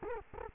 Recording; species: mosquito wingbeat signal from an infrared sensor; Culex quinquefasciatus